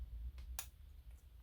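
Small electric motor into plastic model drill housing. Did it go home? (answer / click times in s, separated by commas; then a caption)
yes / 0.6 s. A small electric motor is pressed into the plastic housing of a Tamiya Electric Handy Drill model kit, seating against the contacts with a little push because it goes in tough. A faint tick at 0.4 s is followed by a sharp, bright snap at 0.6 s as the motor seats in place.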